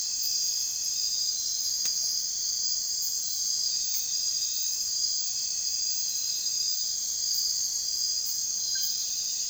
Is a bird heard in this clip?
no